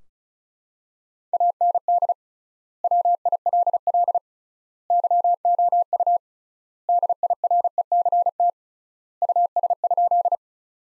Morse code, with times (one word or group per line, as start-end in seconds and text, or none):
1.3-2.1 AND
2.8-4.2 WILL
4.9-6.2 YOU
6.9-8.5 DIRECT
9.2-10.3 US?